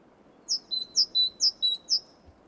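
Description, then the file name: Great tit giving three crisp two-note phrases and the start of a fourth, high then lower, evenly spaced; a soft low thump near the end. "Parus major"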